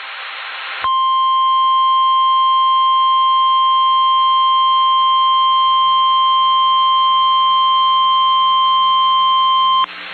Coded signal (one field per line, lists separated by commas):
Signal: Emergency Alert System (SAME) tones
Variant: 1050 Hz attention tone